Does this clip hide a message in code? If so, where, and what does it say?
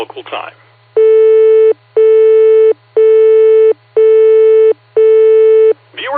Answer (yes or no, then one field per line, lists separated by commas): no